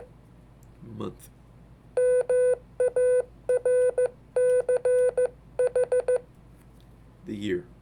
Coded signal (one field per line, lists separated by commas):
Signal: Morse code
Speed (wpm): 15 wpm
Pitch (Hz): 500 Hz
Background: speech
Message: MARCH